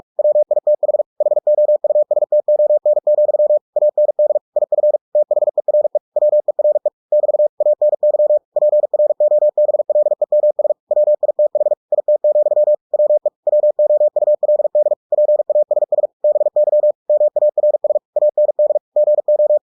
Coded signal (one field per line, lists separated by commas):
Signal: Morse code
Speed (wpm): 46 wpm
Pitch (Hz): 600 Hz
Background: none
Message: WITH HOUSTON, AND IF THERE WERE <BT> ANY PROBLEMS WITH IT, WE WOULD PASS BY MARS AND GO